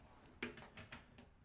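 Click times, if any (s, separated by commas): 0.4 s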